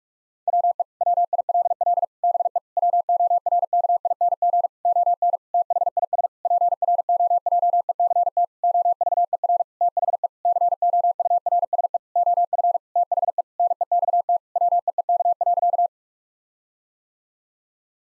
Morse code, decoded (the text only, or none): WE WILL BE WORKING ON THIS PROJECT OVER THE COURSE OF THE NEXT WEEK.